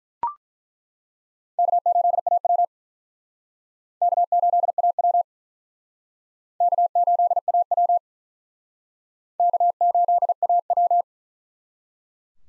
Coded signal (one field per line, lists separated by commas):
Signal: Morse code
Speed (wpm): 48 wpm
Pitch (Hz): 700 Hz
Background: none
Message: K8AW K8AW K8AW K8AW